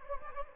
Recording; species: mosquito wingbeat signal from an infrared sensor; Anopheles gambiae